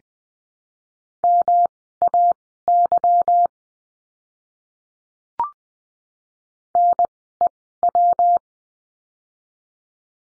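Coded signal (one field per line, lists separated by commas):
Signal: Morse code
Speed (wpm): 20 wpm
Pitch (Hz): 700 Hz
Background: none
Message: MAY NEW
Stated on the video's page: Morse code course lesson on the letter G, words sent at Farnsworth speed of 20/10 wpm.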